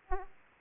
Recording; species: mosquito wingbeat signal from an infrared sensor; Aedes aegypti